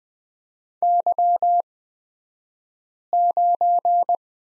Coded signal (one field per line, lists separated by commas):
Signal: Morse code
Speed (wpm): 20 wpm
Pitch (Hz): 700 Hz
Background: none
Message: Y9